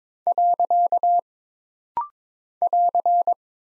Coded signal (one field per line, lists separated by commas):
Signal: Morse code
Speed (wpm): 22 wpm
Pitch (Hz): 700 Hz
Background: none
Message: . <AR>